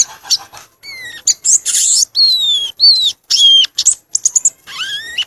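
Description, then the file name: Violaceous euphonia song, a varied run of high whistled notes, sweeping slurs and buzzy bursts with short pauses between phrases. "canto do gaturamo verdadeiro"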